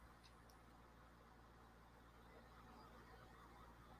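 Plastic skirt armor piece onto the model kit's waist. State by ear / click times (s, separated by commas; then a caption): not seated / none. A plastic skirt armor piece is pressed onto the waist of a plastic HG Gundam Astray Gold Frame Amatsu Mina model kit over a steady low hum, with a brief faint tick at 0.5 s. The piece does not snap into place, and nothing has seated or clicked.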